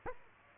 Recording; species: mosquito wingbeat signal from an infrared sensor; Aedes aegypti